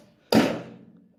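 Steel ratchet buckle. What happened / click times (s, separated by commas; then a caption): The ratchet handle popped into the release notch / 0.3 s. While releasing a ratchet strap, the handle of the ratchet strap buckle is pulled up until it pops into the release notch. A single sharp pop at 0.3 s rings out as a broadband decay with a low tonal tail over about 0.7 s. The handle is seated in the release notch.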